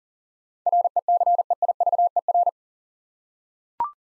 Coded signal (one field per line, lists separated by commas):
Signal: Morse code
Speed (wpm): 40 wpm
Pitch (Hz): 700 Hz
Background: none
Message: RECEIVER